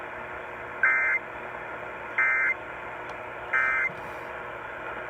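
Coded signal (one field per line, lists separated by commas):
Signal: Emergency Alert System (SAME) tones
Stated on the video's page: Flood-related EAS alerts from a compilation.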